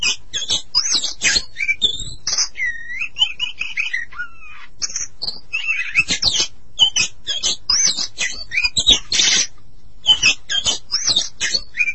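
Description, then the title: Oriental magpie-robin song, a rich varied stream of high whistles, chirps and scratchy notes, with some slurred falling and rising whistles, sung continuously with brief pauses. "Suara Kicauan Burung Kacer"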